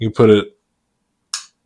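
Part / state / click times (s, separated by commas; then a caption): dinosaur figure jaw in its hinge / seated / 1.3 s. Someone talks briefly, then after a pause a single sharp click at 1.3 s as the articulated plastic jaw of a Giganotosaurus Hammond Collection (Jurassic World Dominion) dinosaur figure is moved in its hinge into one of its ratcheted locked positions. The jaw is seated and locked.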